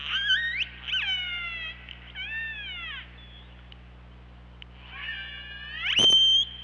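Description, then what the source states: Killer whale calls, loud stacked harmonic calls sweeping up and down in quick succession, a lull, then a buzzy pulsed burst ending in a high rising whistle. OrcaLab hydrophone, 24 August 2017 at 23:34.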